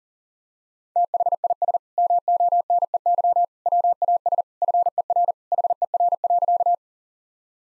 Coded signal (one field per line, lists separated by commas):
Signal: Morse code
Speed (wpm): 40 wpm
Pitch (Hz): 700 Hz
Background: none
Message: THIS MONEY WAS FER HER.